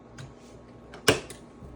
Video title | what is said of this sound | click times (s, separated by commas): Hot wheels track water pit game with mommy | and it snaps. When you hear your snap, it's on. | 1.1 s